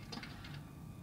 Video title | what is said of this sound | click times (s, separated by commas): Tooned VW T2 pickup truck by TinyQ Uno 17 pullback toy | she snapped into place | 0.1 s